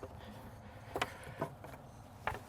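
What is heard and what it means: A quick-fill watering cap is being pressed and fiddled into a cell opening on a lead-acid RV house battery. Brief plastic handling taps and knocks sound around 1.0 s, 1.4 s and 2.3 s over a low background hum. Nothing has seated or clicked yet; the cap is not home by the end of the clip.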